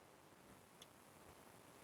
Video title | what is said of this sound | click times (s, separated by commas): DRUM BLADE CHARGING ROLLER CHANGING PROCESS - CANON IR ADV 4025 4035 4045 4051 - 9940206726 | lock ஆயிடுச்சு பின்னாடி போயிடுச்சு. | 0.8 s